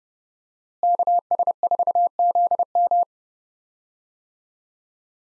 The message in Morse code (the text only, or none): KS4ZM